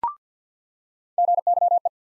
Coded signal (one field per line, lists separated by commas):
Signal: Morse code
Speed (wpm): 50 wpm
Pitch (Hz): 700 Hz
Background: none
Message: GYE